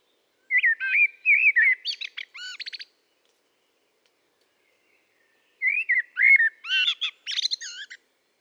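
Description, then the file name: Common blackbird song in two phrases several seconds apart, each opening with rich warbled whistles and closing in a rapid run of thin, squeaky high notes. "Turdus merula"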